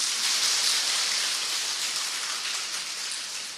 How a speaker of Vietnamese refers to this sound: Đó, như cái cô Phật tử này là sư khen nè, có hai đứa nhỏ nó đi theo, đứa trai đứa gái nó ngồi nghe pháp, mà nó ngồi im ru à, cho một tràng pháo tay đó.